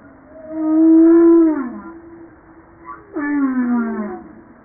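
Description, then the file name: Humpback whale song: a long, steady moaning tone that bends downward at its end, followed after a pause by a second falling, harmonic-rich moan. Recorded 5 March 1994. "Baleine a bosse 940305"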